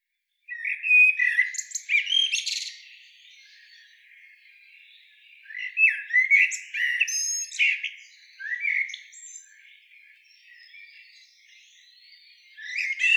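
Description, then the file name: Common blackbird sounds: several bursts of high chirps and squeaky rising notes, separated by quiet intervals of a few seconds. "Turdus merula"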